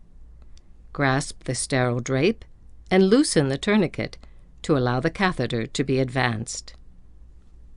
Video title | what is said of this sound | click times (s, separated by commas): Flexicath - Long Insertion | firmly insert the tip of the m29 into the Hub of the peel guard until it clicks into place | 0.6 s